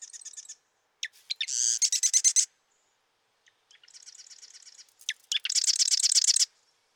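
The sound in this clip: Marsh wren singing short mechanical rattles, with clicks then a fast buzzy trill; several song bursts, one softer and drier.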